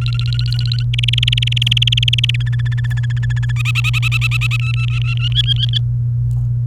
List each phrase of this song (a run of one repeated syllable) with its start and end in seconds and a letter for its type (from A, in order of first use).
0.01-0.83 A, 0.93-2.36 B, 2.40-3.52 C, 3.56-4.57 D, 4.59-5.29 E, 5.32-5.78 F